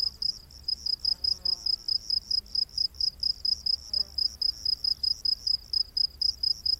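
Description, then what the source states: Cricket chirps, high and pulsed, in a steady series. Rainforest at night.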